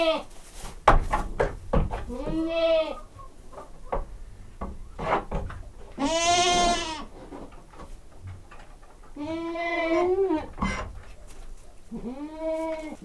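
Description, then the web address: Domestic goat bleats: four long, wavering, nasal bleats at intervals, one louder and harsher, with knocks and rustling between them. Domestic goat recorded in a farmyard with a stable atmosphere. "allathangok parasztudvar hazikecske kecske olhangulat"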